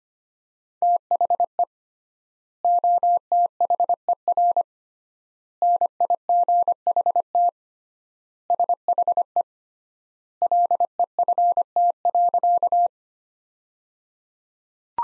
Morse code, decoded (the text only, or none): THE OTHER NIGHT SHE LEFT.